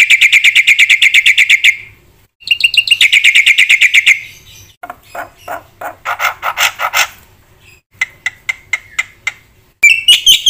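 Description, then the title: Black-winged myna song: fast runs of sharp repeated chips, several bursts cut by short silences, then scattered harsh notes and a final squeaky phrase. Vigorous, fast-filled song of a white myna. "Burung Jalak Putih Gacor Full Isian Cepat"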